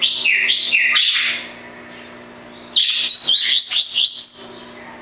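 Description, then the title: Double-collared seedeater song: quick high slurred chirps, a short pause, then a second burst of rapid warbled notes, over a faint constant hum. "Canto Coleiro"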